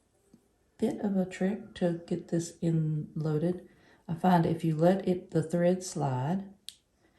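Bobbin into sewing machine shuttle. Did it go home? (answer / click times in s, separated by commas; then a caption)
yes / 6.7 s. A metal bobbin is loaded onto the pin inside the shuttle of a vintage White VS III treadle sewing machine, with the thread allowed to slide. Someone talks, and at 6.7 s a short, sharp click is heard as the bobbin seats, showing it is threaded.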